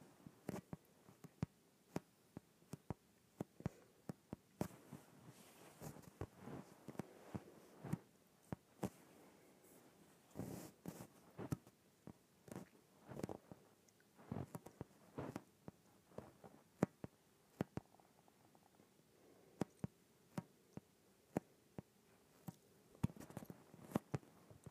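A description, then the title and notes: An inflated yoga ball is handled, with sharp taps and snaps scattered irregularly through the whole stretch, sometimes several in quick succession. Between them come soft, buzzy rubbing and squeaking sounds in the low-middle range. ASMR Inflated Yoga Ball.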